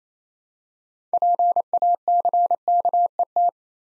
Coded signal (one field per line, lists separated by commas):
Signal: Morse code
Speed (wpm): 29 wpm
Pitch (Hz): 700 Hz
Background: none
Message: PACKET